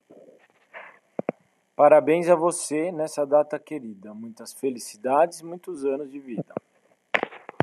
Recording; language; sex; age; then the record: short text; Brazilian Portuguese; male; 40 to 49 years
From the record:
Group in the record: control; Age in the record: 43 years